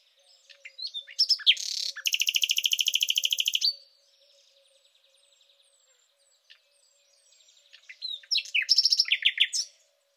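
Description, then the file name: Thrush nightingale song with a loud rattling phrase followed by a fast, buzzy repeated trill, a quieter spell, then another loud rattling burst. "rossignol philomele"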